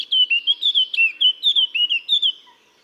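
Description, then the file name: Eurasian blackcap song: a quick run of many clear, fluty warbled notes rising and falling, in under three seconds, then silence. "Sylvia atricapilla"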